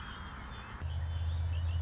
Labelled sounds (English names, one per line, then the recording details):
Red-winged Blackbird
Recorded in Sonoma County, California